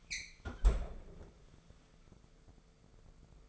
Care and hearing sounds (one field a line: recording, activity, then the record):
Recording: daily activity, microphone in the room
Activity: close fridge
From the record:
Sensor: 5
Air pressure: 1015.0 hPa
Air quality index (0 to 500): 183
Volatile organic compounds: 7 ppm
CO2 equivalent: 2011 ppm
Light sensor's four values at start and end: 92/214/93/105 and 89/203/90/101